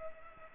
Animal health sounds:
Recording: mosquito wingbeat signal from an infrared sensor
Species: Culex pipiens

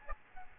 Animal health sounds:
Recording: mosquito wingbeat signal from an infrared sensor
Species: Aedes albopictus

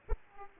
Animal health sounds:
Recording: mosquito wingbeat signal from an infrared sensor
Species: Aedes aegypti

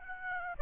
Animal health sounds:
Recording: mosquito wingbeat signal from an infrared sensor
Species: Aedes albopictus

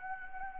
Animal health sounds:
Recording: mosquito wingbeat signal from an infrared sensor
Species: Anopheles arabiensis

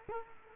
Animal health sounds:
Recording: mosquito wingbeat signal from an infrared sensor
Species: Culex quinquefasciatus

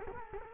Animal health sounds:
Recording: mosquito wingbeat signal from an infrared sensor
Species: Culex quinquefasciatus

